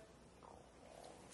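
Faint low gurgling rumble with a brief rising squeal, a normal stomach growl from gut contents moving in an adult man's abdomen.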